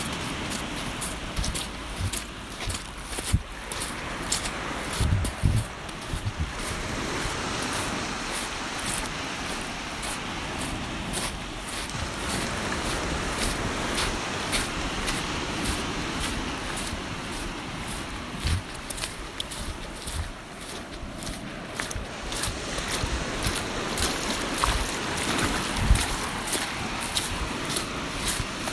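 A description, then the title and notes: Footsteps crunch along a beach shore, with short sharp crackles repeating fairly regularly throughout, clustering more densely after about twenty seconds. Underneath runs a steady, rough wash of low rumbling noise like surf or wind, with a faint thin whine at the top. Beach Walking. Listen to the waves. Listen to the crunch of steps on the shore. The sounds of the beach.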